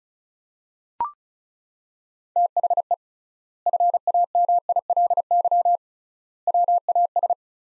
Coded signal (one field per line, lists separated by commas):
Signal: Morse code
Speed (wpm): 34 wpm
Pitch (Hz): 700 Hz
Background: none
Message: THE FAMILY WAS